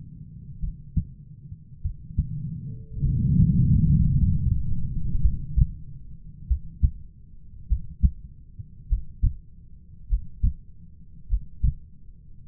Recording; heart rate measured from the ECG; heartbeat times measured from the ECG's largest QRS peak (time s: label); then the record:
heart sounds by stethoscope; 51 bpm
0.59 s: heartbeat
1.81 s: heartbeat
3.01 s: heartbeat
4.09 s: heartbeat
5.19 s: heartbeat
6.46 s: heartbeat
7.66 s: heartbeat
8.86 s: heartbeat
10.06 s: heartbeat
11.26 s: heartbeat
12.46 s: heartbeat
From the record:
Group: heart failure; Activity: rest 0-5 s, breath hold 5-12 s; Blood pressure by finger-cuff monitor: 76/41 mmHg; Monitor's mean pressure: 52 mmHg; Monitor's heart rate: 49 bpm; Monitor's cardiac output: 4.3 L/min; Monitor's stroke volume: 84 mL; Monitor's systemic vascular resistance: 850 dyn s/cm5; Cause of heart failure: dilated cardiomyopathy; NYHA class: 3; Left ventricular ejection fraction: 27%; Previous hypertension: present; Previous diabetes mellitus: present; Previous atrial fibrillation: present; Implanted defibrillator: present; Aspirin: present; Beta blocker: bisoprolol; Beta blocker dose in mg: 1.25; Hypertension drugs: sacubitril-valsartan, spironolactone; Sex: female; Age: 39 years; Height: 170 cm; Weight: 64 kg